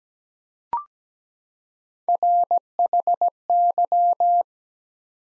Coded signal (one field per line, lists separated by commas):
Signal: Morse code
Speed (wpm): 17 wpm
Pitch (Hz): 700 Hz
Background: none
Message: RHY